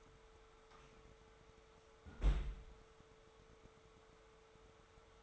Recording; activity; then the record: daily activity, microphone in the room; close fridge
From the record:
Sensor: 3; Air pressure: 1014.9 hPa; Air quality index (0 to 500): 200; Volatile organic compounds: 29 ppm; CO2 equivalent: 2930 ppm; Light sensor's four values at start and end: 37/93/40/42 and 37/93/40/43